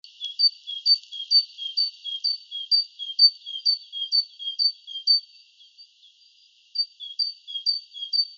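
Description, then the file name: Great tit singing a steady run of high, paired see-saw notes, roughly two phrases a second, with a short break near the end before the pattern resumes. "Parus major"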